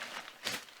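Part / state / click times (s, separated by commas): softbox rod into dome hub / seated / 0.5 s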